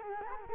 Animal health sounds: mosquito wingbeat signal from an infrared sensor; Culex quinquefasciatus

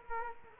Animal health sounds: mosquito wingbeat signal from an infrared sensor; Culex quinquefasciatus

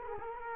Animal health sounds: mosquito wingbeat signal from an infrared sensor; Culex quinquefasciatus

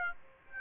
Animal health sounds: mosquito wingbeat signal from an infrared sensor; Aedes aegypti

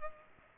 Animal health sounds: mosquito wingbeat signal from an infrared sensor; Culex pipiens

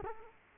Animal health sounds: mosquito wingbeat signal from an infrared sensor; Culex quinquefasciatus

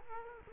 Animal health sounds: mosquito wingbeat signal from an infrared sensor; Culex quinquefasciatus

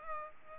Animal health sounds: mosquito wingbeat signal from an infrared sensor; Culex pipiens

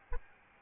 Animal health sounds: mosquito wingbeat signal from an infrared sensor; Aedes albopictus

